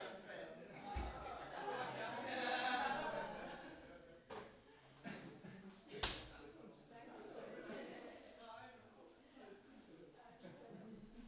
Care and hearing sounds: everyday scene through a hearing-aid microphone; many people talking; many voices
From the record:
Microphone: in the ear canal, left

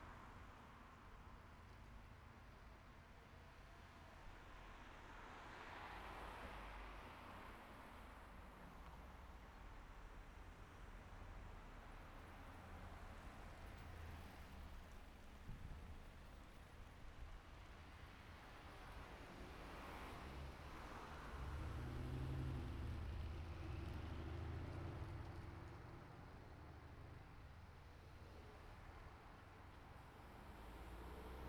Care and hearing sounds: everyday scene through a hearing-aid microphone; in traffic; traffic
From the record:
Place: city secondary road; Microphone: behind the ear, right, rear

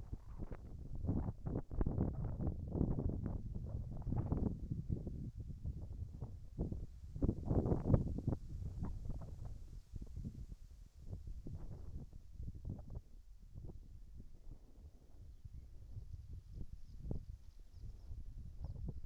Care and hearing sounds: everyday scene through a hearing-aid microphone; wind on the microphone; wind, whistling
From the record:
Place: in front of a rural house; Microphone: behind the ear, right, front

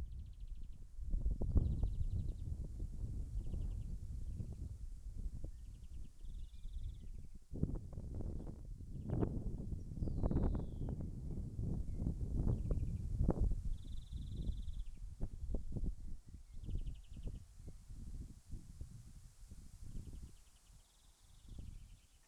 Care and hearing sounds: everyday scene through a hearing-aid microphone; wind on the microphone; wind, birds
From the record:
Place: in front of a rural house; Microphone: behind the ear, left, rear

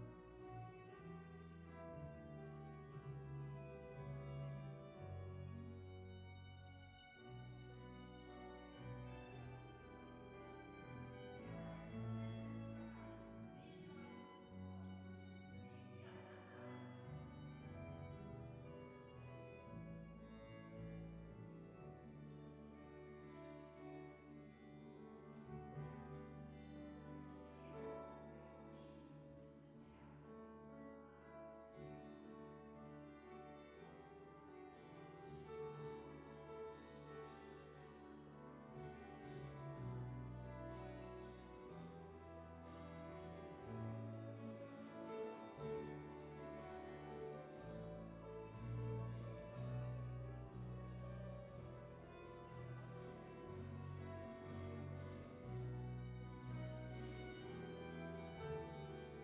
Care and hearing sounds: everyday scene through a hearing-aid microphone; reverberant space; music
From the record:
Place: church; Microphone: behind the ear, right, rear

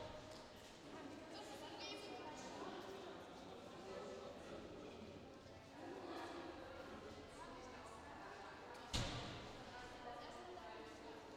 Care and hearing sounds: everyday scene through a hearing-aid microphone; reverberant space; background noise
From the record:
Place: railway station hall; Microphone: in the ear canal, left

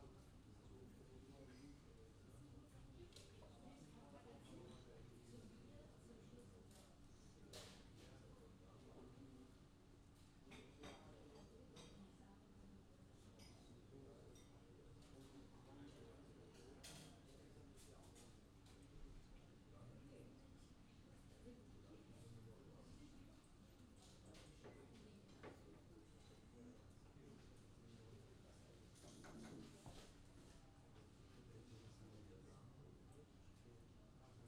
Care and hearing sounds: everyday scene through a hearing-aid microphone; many people talking; many voices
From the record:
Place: university cafeteria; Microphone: in the ear canal, left

